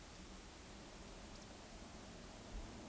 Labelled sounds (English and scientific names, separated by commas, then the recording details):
Eurasian Woodcock (Scolopax rusticola) whistle
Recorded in Baden-Württemberg, Germany, on 9 May 2021 at 19:36 UTC
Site 23718, 552 m above sea level